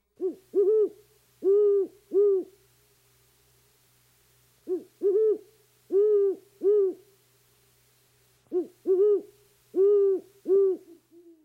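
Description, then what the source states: Great Horned Owl hooting deeply in three phrases of several stuttered hoots, roughly four seconds apart, with quiet between. Both males and females hoot; a typical rhythm resembles the phrase 'Who's awake? Me too.'.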